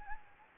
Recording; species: mosquito wingbeat signal from an infrared sensor; Anopheles gambiae